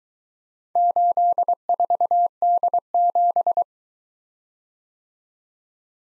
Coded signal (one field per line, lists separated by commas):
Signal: Morse code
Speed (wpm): 22 wpm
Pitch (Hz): 700 Hz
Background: none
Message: 84D7